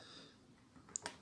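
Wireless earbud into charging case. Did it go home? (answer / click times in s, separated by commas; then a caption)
yes / 1.0 s. A second Grundig wireless Bluetooth earbud is pressed firmly into its plastic charging case so that it is properly engaged. After a quiet stretch and a soft rustle, a sharp click sounds at 1.0 s, followed by a smaller click at 1.1 s. The earbud seats in the case.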